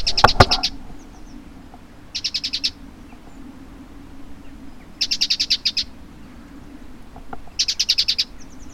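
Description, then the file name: Great tit giving harsh chattering calls: a loud, sharp opening burst, then three quick bursts of rattling pulses at fairly even intervals. "Parus major"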